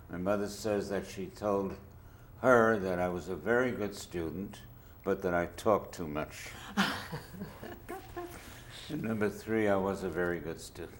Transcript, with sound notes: My mother says that she told her that I was a very good student but that I talked too much. [laughs] And number three, I was a very good student.